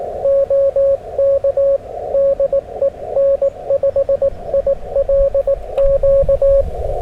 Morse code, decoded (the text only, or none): OK DE N5ILQ